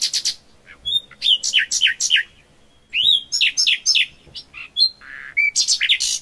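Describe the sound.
Common nightingale song: bursts of rapid buzzy notes, a pure whistle, then a run of repeated descending notes, phrases separated by short pauses.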